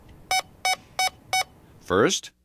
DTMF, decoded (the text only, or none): none